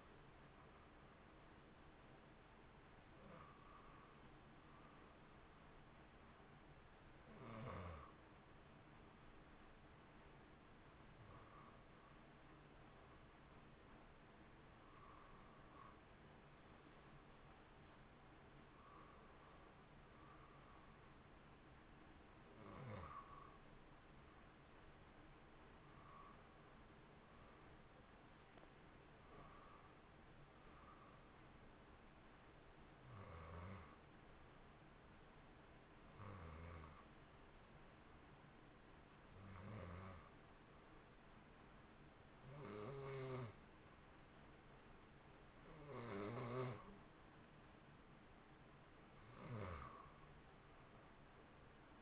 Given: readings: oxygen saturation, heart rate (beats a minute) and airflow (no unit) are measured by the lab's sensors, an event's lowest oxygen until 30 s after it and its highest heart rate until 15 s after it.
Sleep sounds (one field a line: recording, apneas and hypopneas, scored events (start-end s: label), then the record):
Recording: breathing in sleep by a voice recorder at the bedside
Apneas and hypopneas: 1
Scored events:
9.00-47.50 s: hypopnea (N1, oxygen 93% highest, then 89% lowest, heart rate 56 at the start, 69 highest)
From the record:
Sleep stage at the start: N1 (lightest sleep)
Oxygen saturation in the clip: 91 to 93%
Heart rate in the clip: 56 to 65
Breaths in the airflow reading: 13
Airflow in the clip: -1.4 to 1.0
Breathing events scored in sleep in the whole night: 328 in 6.3 hours asleep